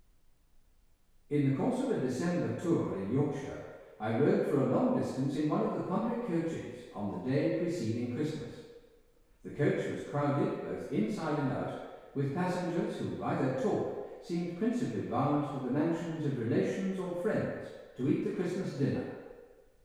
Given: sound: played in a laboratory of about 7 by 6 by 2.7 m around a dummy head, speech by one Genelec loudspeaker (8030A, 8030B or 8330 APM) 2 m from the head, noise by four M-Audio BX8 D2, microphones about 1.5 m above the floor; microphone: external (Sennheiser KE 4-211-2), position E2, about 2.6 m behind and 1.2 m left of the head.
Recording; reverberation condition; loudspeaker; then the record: male speech in English; high; 120 degrees to the left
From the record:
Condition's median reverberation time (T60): about 1300 ms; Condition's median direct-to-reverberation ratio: about -4.0 dB